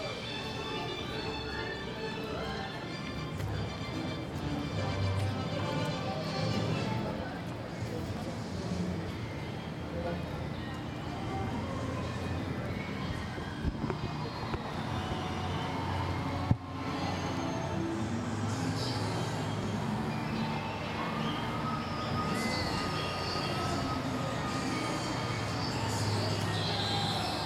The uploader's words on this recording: A Day at Universal Studios Florida. On this week's show we play audio from the Universal Studios Florida theme park. Listen as you hear us walk the park as we journey from attraction to attraction.